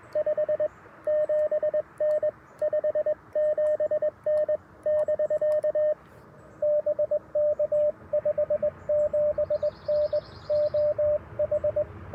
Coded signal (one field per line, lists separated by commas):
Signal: Morse code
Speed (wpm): 22 wpm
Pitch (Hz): 590 Hz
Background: radio noise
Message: 57N 57N <BK> BK 57N OH